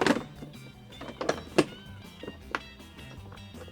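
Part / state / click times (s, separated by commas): side tray clips onto a sit-on creeper's side frame rail / seated / 2.5 s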